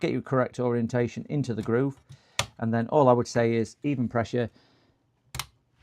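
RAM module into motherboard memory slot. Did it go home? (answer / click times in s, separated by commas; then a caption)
yes / 5.3 s, 5.4 s. Someone talks while a RAM memory module, lined up by its center notch, is pressed down with even pressure into a motherboard memory slot. The retaining tabs click at 5.3 s and 5.4 s, and the module is seated.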